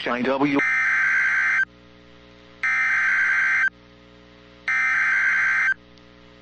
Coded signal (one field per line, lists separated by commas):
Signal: Emergency Alert System (SAME) tones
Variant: header bursts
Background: speech